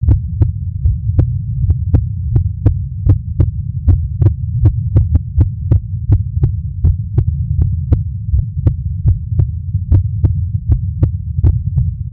Real Heart Beat.